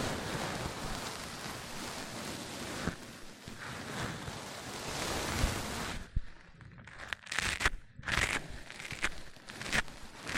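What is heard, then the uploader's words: Rustling microphone handling fills the first six seconds densely, then breaks into quieter, separate scrapes and soft bursts with gaps between. MIC ON MIC Triggers Richer Sounds.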